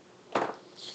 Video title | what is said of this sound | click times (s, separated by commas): Voron 2.4 R2 Build Series - Toolhead and Friends | yeah the clicky connectors click | 0.4 s